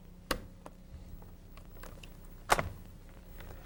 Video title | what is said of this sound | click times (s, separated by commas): IBM ThinkPad 600 Service Training VHS | and snap into place the second connector. | 0.3 s